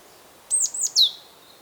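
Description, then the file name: Great tit call: a single quick phrase of three high, thin notes, each sliding downward, the last one longest and dropping lowest. "Parus major"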